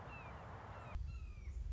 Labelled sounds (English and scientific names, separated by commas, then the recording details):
Red-shouldered Hawk (Buteo lineatus)
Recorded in Sonoma County, California